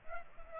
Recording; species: mosquito wingbeat signal from an infrared sensor; Aedes aegypti